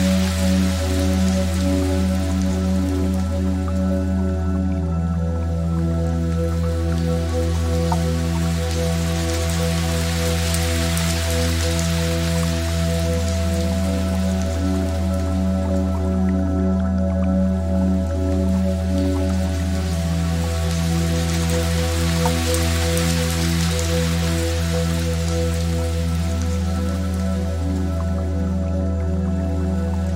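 Gentle rain patters steadily over sustained, humming tones, with a deep low drone and layered midrange notes that shimmer and shift slowly. Soft watery hiss swells and fades in broad waves about every twelve seconds, keeping the level even throughout.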